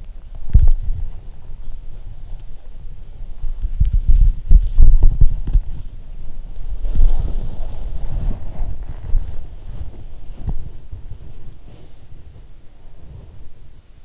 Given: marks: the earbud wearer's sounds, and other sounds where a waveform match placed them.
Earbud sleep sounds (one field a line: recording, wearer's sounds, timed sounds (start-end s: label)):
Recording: sounds in sleep by an in-ear microphone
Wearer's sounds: body movement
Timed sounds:
0.00-6.77 s: body movement
6.78-14.04 s: body movement
10.32-12.02 s: sound from someone else or the room